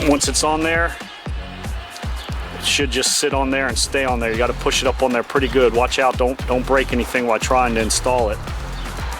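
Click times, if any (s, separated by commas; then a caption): none. A plastic fuel strainer sock is handled and pushed up toward the inlet of an in-tank fuel pump on a GMC TopKick, while someone talks throughout. Nothing has seated or clicked yet; the sock has not snapped on by the end of the clip.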